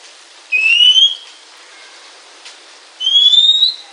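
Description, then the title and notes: Oriental magpie-robin song: two clear, slightly rising whistles, about two and a half seconds apart, over a quiet background. "suara kacer. kumpulan suara burung kacer"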